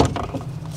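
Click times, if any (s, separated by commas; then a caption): none. A CCS2 DC charging plug from a Kempower public rapid charger is handled and pushed toward the charging inlet of an MG ZS EV electric car, with both inlet covers open. Short scraping knocks are heard at about 0.2 s and 0.7 s over a steady low hum. The plug has not seated or clicked into the inlet yet.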